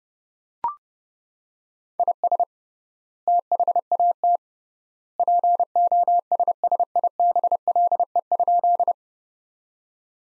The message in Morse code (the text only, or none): IS THAT POSSIBLE?